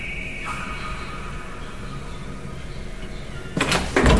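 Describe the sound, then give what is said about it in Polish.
An office door opens: a thin high creak fades early over a low steady hum, then two short, louder clattering bursts of a latch and door moving close together at the end. “Otworzyły się drzwi gabinetu i pojawił się w nich wysoki, chudy mężczyzna o ostrych rysach, kręconej spiczastej bródce i w okularach w rogowej oprawie.”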